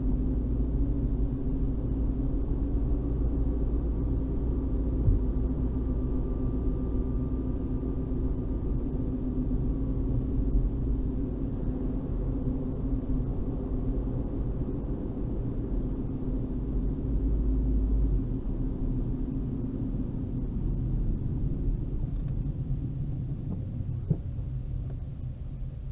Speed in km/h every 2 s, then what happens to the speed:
50, 50, 51, 51, 53, 50, 48, 48, 48, 46, 40, 29, 18.
0-8 steady at about 51. 8-26 slows to 18.